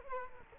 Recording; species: mosquito wingbeat signal from an infrared sensor; Culex quinquefasciatus